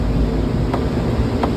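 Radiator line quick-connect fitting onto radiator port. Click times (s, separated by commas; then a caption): 0.7 s, 1.4 s. A radiator coolant line quick-connect fitting is pushed onto the radiator neck during a radiator replacement on a 2017 Chevy Silverado 2500HD. Two sharp clicks stand out over steady broadband noise at 0.7 s and 1.4 s. The second click shows the fitting is fully seated and locked, not just caught at the first click.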